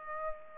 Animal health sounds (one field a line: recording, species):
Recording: mosquito wingbeat signal from an infrared sensor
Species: Aedes aegypti